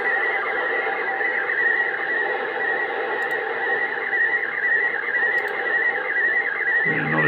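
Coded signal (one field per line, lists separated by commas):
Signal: SSTV (slow-scan television)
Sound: warbling whistling tone shifting pitch rapidly under heavy hiss, like a squealing scan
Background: radio static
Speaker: very isy signal not as good as the last signal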